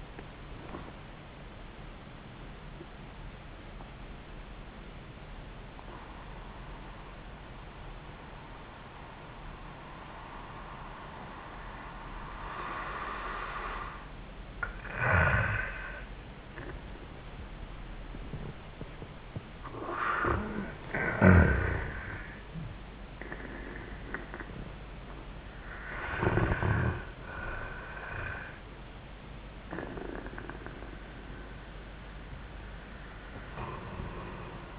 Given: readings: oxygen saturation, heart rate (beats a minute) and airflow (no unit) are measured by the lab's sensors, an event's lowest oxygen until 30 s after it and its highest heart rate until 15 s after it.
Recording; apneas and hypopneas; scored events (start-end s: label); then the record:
breathing in sleep by a voice recorder at the bedside; 1
2.00-34.79 s: new sleep stage, N1 (lightest sleep)
3.00-18.80 s: obstructive apnea (N1, oxygen 69% highest, then 69% lowest, heart rate 91 at the start, 93 highest)
From the record:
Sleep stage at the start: REM sleep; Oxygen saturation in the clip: 55 to 96%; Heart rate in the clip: 77 to 94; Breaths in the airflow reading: 3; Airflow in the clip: -5.6 to 4.0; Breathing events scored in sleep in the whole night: 400 in 8.7 hours asleep